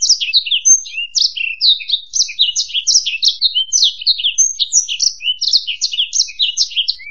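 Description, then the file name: Black-throated canary singing a continuous fast warble of high sweet chirps and slurred whistles, evenly paced and unbroken throughout. "suara burung blackthroat"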